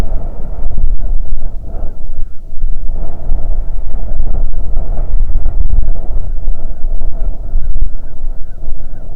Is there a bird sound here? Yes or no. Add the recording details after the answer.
yes. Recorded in the Prudhoe Bay oil fields, Alaska, on 6 June 2019 at 03:40. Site 16